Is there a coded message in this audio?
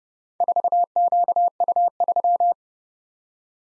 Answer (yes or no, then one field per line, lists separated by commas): yes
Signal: Morse code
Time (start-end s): 0.4-2.5 s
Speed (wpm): 29 wpm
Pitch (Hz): 700 Hz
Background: none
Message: 4QU3